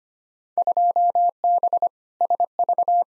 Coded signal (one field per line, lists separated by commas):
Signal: Morse code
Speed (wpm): 25 wpm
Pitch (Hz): 700 Hz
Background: none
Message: 2B SV